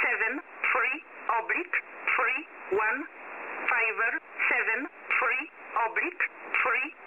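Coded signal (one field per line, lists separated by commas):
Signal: numbers station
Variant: E11 Oblique, female voice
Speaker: was nicknamed oblique since the station uses the word oblique during transmissions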